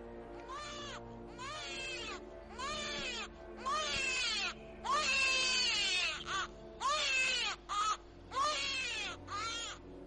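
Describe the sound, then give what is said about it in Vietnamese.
A series of about ten loud, wavering, high-pitched wails from a ghost baby, each rising and falling like an infant's anguished crying, coming in quick succession with brief gaps between them. “Nó liên tiếp kêu lên hai lần, đồng thời nó cất lên những tiếng khóc nghe ai oán vô cùng.”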